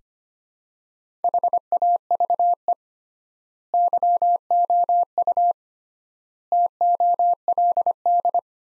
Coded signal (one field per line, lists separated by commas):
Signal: Morse code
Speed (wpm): 25 wpm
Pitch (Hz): 700 Hz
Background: none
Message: HAVE YOU TOLD